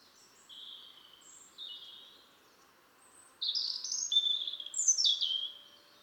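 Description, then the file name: European robin singing: a few faint, thin, high notes, then a louder run of sweet warbled and trilled phrases over a light hiss. "Erithacus rubecula"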